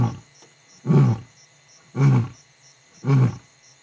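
Lion grunting roars, three deep heavy bursts evenly spaced about one second apart, low and harmonic.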